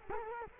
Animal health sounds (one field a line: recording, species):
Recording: mosquito wingbeat signal from an infrared sensor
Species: Culex quinquefasciatus